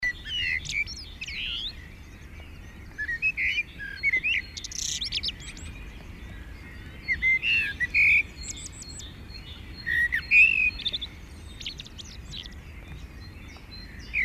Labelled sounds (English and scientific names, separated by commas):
Common Blackbird (Turdus merula) song